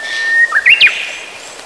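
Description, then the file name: Japanese bush warbler song: a long steady whistled note, then a quick burst of sharper notes that rise and fall. "uguisu"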